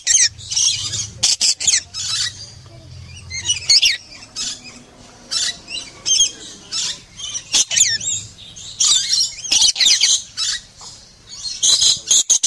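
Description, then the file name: Lorikeet screeching and chattering in rapid high bursts with short gaps between them, and a low hum under the first few seconds. "Лори -Лорикет -Попугай -Голоса-птиц"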